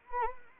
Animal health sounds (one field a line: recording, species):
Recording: mosquito wingbeat signal from an infrared sensor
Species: Anopheles arabiensis